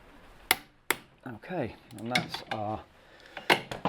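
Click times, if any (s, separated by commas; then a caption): 0.5 s, 0.9 s. A torque wrench set to 70 Nm tightens the 17 mm variator nut on a JPS125 e5+ scooter, giving two sharp metallic clicks at 0.5 s and 0.9 s as it reaches the setting. Someone then talks, followed by a few lighter metallic taps near the end. The nut is confirmed tightened to 70 Nm.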